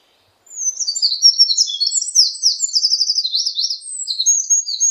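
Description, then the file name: Eurasian wren song: a rapid, high-pitched stream of sweet notes and fast trills, starting after a brief silence and tumbling along without pause. "굴뚝새"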